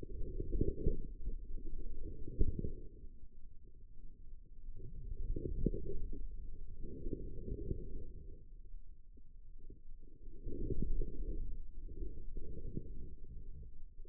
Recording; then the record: forearm muscle sounds (acoustic myography)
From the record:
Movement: outward rotation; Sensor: system 2, bracelet of six BSWA MPA416 microphones around the upper forearm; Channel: 3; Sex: female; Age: 25 years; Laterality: right